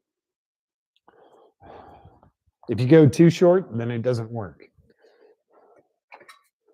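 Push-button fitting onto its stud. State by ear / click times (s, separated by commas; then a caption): not seated / none. A push-button fitting is handled near its stud while someone talks, with a few faint ticks and rustles around the speech. Nothing has seated or clicked yet.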